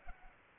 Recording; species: mosquito wingbeat signal from an infrared sensor; Culex pipiens